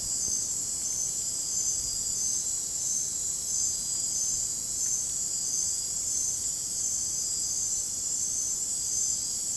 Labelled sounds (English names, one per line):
none